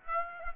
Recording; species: mosquito wingbeat signal from an infrared sensor; Aedes aegypti